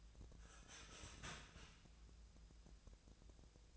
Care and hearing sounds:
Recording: daily activity, microphone in the room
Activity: start toaster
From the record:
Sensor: 2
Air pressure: 1000.1 hPa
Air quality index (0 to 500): 151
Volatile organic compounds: 2 ppm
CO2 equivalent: 1278 ppm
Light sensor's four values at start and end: 25/62/26/29 and 25/62/26/28

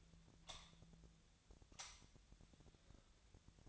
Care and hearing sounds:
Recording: daily activity, microphone in the room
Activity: light on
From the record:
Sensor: 3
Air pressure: 1009.8 hPa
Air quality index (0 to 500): 189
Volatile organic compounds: 14 ppm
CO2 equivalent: 2467 ppm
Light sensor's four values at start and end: 39/97/42/44 and 45/116/49/51

